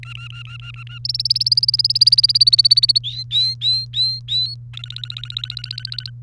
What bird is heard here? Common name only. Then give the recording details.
Domestic Canary. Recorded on 30 April 2018 at 16:15. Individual llb3